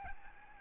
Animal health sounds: mosquito wingbeat signal from an infrared sensor; Aedes albopictus

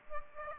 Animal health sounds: mosquito wingbeat signal from an infrared sensor; Aedes aegypti

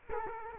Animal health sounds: mosquito wingbeat signal from an infrared sensor; Culex quinquefasciatus

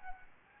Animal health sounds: mosquito wingbeat signal from an infrared sensor; Anopheles gambiae

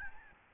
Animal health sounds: mosquito wingbeat signal from an infrared sensor; Aedes albopictus

